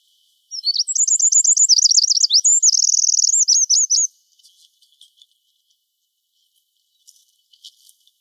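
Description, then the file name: Eurasian wren singing one energetic burst of very high, rapid trills and warbles for under four seconds, followed by a few faint scattered ticks. "Troglodytes troglodytes"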